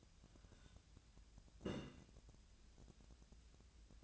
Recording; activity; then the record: daily activity, microphone in the room; take from stove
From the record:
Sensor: 2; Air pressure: 1009.8 hPa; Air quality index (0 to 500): 179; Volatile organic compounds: 10 ppm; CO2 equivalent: 2242 ppm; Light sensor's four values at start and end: 31/76/33/36 and 31/77/33/36